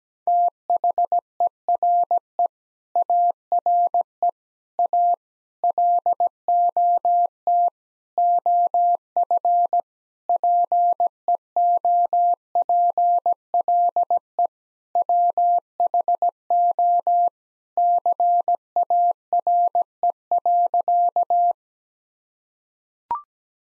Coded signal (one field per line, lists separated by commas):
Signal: Morse code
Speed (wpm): 17 wpm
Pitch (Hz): 700 Hz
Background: none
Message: THERE ARE A LOT OF PEOPLE WHO CARE.